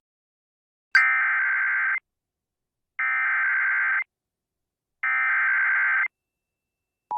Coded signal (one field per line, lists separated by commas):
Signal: Emergency Alert System (SAME) tones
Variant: header bursts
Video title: Still more from Oklahoma! | EAS Alerts from June 15th, 2023 (EAS #2631-2641)